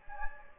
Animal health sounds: mosquito wingbeat signal from an infrared sensor; Anopheles gambiae

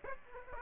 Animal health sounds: mosquito wingbeat signal from an infrared sensor; Aedes aegypti

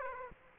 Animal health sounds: mosquito wingbeat signal from an infrared sensor; Aedes aegypti

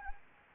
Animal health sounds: mosquito wingbeat signal from an infrared sensor; Anopheles gambiae

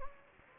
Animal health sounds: mosquito wingbeat signal from an infrared sensor; Anopheles gambiae

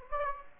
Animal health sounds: mosquito wingbeat signal from an infrared sensor; Aedes aegypti

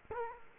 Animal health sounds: mosquito wingbeat signal from an infrared sensor; Culex quinquefasciatus

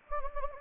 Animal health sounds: mosquito wingbeat signal from an infrared sensor; Anopheles gambiae

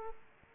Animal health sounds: mosquito wingbeat signal from an infrared sensor; Aedes aegypti

